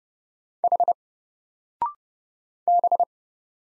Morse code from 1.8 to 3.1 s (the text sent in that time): B